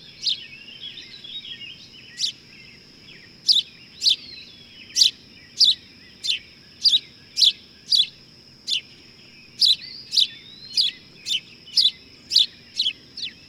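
Bird song of crisp, high chirps that start sparse, then settle into a regular run of nearly two per second, over a continuous thin whine.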